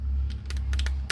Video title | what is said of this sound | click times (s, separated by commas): FANSTOYS MAGNUM BABABOBO712 | push that up snap it in push it up snap it in i love that snap sound | 1.1 s